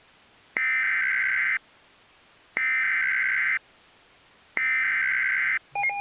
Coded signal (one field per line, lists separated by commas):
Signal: Emergency Alert System (SAME) tones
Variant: header bursts